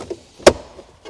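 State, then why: Seated. A plastic dashboard trim panel around the radio opening of a Citroën Berlingo 3 / Peugeot Partner 3 / Rifter is pressed back into its clips in the dashboard. There is a sharp, loud snap at 0.5 s, then a fainter tap at the very end. The trim is confirmed re-clipped.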